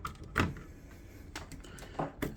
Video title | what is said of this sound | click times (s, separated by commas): How to Build a Computer Complete PC Build Tutorial | you can hear a click. There you go. | 0.4 s